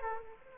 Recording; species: mosquito wingbeat signal from an infrared sensor; Aedes aegypti